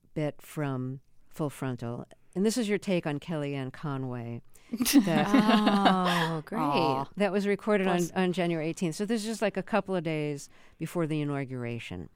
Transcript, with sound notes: bit from "Full Frontal." And this is your take on Kellyanne Conway...
(LAUGHTER)
Oh, great.
...that was recorded on January 18. So this is just like a couple of days before the inauguration.